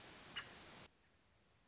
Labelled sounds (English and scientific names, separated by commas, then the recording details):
American Robin (Turdus migratorius)
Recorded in Sonoma County, California